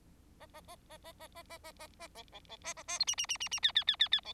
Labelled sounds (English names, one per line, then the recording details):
Bengalese Finch song
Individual Bird4